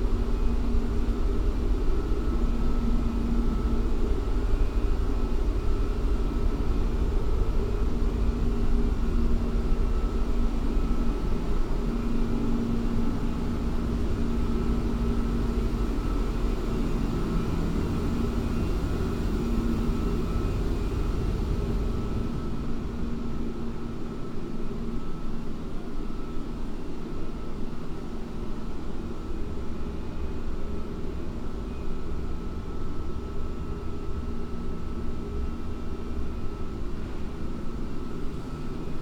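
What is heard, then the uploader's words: A steady, heavy low hum of HVAC machinery fills a basement electrical room, with a thin constant whine riding above it. The drone stays dense and even throughout, its low rumble shifting slightly past the midpoint while the upper hiss thins out. Further adventures in the basement.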